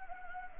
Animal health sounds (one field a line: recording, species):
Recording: mosquito wingbeat signal from an infrared sensor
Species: Anopheles gambiae